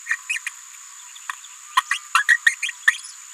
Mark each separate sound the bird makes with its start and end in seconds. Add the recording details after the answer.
0.06-0.16, 0.29-0.38, 0.46-0.49, 1.77-1.81, 1.91-1.98, 2.15-2.23, 2.28-2.37, 2.46-2.55, 2.62-2.69, 2.87-2.92. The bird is a female. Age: 27 days. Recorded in a nest box in Venezuela. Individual 17B73B2